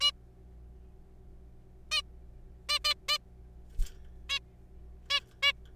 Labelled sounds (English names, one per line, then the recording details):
Zebra Finch
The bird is a juvenile
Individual R3428